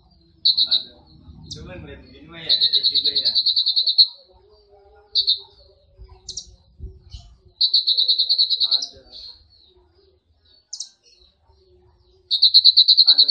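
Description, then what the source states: Sunbird trills: long, even, high rattling trills repeated several times with pauses between, with short chips and a low background rumble. Sunbird sound used as a lure to provoke birds into calling.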